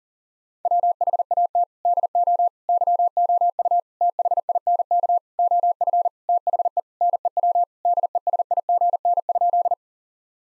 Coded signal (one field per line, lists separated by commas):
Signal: Morse code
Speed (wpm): 40 wpm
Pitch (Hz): 700 Hz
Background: none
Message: WHAT DO YOU THINK OF THE NEW DESIGN?